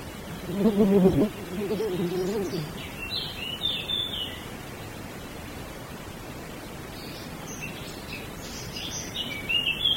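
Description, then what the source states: Birds chirping in short high bursts midway and near the end, after a low droning buzz in the opening seconds, over steady hiss. Small birds in a wood, with a blowfly.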